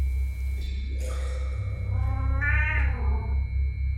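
A cat that has come back meows in two drawn-out, rising-then-falling cries, the second louder and more strained, over a steady low hum. No one speaks.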